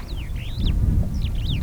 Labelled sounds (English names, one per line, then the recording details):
Superb Starling flight call
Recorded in Kenya